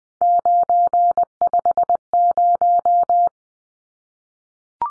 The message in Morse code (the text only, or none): 950